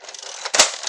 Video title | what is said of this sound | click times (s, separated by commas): Vintage Nerf Sawtooth Review and Firing Demo | don't yell at me if I'm doing this wrong but uh the way I do it is I put it in till I hear the first click and I feel it grab it | 0.5 s